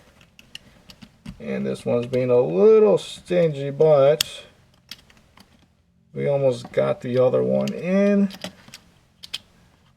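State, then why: Seated. Someone talks while pressing the second coin cell battery into its holder in a BMW aftermarket key fob after a stubborn first try, with small plastic clicks and taps between the words. A sharp click at 9.3 seconds snaps the battery into place, leaving both batteries seated in the fob.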